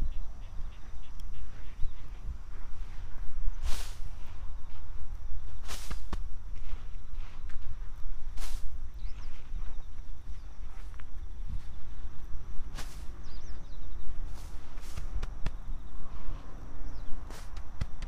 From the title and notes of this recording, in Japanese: 秋の、日が暮れ始めた16時過ぎ、ニンニクの定植。台風が南遠くから近づいてきている。曇り空の空気の少し重たい夕暮れ。穴あきマルチに棒で穴を開け、1片ずつニンニクを入れたあと、土をかけていく。虫や鳥が鳴き、遠くで車が行き交い電車が時折通る。秋の夕方 ニンニクの定植。